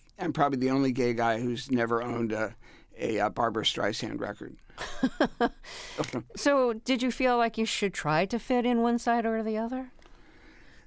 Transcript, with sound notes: I'm probably the only gay guy who's never owned a Barbra Streisand record.
(Laughter) So did you feel like you should try to fit in one side or the other?